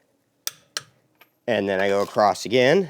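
A torque wrench on the bottom lug nut of a 2018 Nissan Maxima wheel, worked across in a star pattern, gives two sharp clicks at 0.5 s and 0.8 s as it reaches the set torque, followed by a faint tick at 1.2 s. Someone then talks from about 1.5 s to the end.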